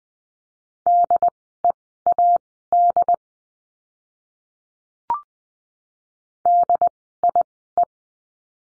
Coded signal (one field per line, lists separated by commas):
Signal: Morse code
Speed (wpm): 19 wpm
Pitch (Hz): 700 Hz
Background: none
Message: DEAD DIE